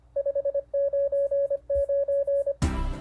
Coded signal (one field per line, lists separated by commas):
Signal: Morse code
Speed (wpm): 25 wpm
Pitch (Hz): 560 Hz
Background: none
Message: 599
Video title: Episode 11:Buy Once, Cry Once: Investing in Lifetime CW Gear